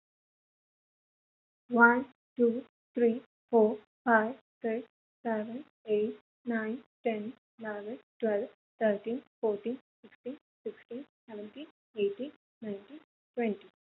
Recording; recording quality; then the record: counting at a normal pace; excellent, no background noise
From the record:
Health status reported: healthy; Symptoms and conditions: none ticked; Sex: female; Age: 21 years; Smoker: not ticked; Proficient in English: yes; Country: India